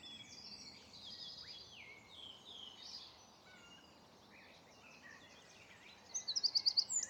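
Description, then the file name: Eurasian wren: soft high chirps and whistles for several seconds, then a loud, rapid run of about seven sharp high notes at the end. "Troglodytes troglodytes"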